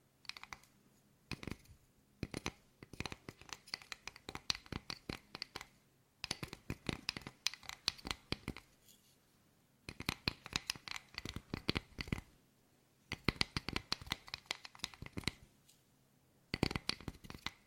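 ASMR tapping in quick, dense flurries of sharp clicks and taps, bright and crisp, coming in bursts of a few seconds separated by short quiet gaps. The rhythm is fast and uneven, with a soft, faint hum underneath.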